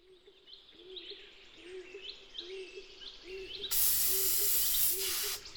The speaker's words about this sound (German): Hey, was macht denn der Mann da? Der sprüht den Baum an, mit Farbe. Der kann doch nicht einfach die Bäume anmalen.